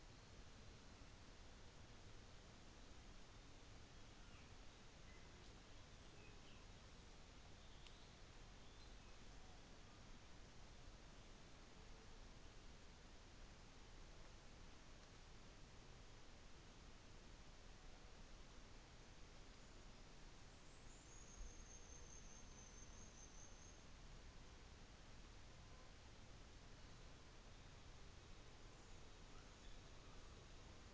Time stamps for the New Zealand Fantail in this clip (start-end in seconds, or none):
20.29-24.06